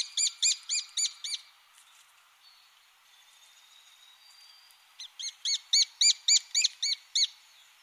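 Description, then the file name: Lesser spotted woodpecker calling in two bursts of high, evenly spaced kee-kee-kee notes, about four per second, separated by a quiet gap with faint background sounds. "Kleinspecht"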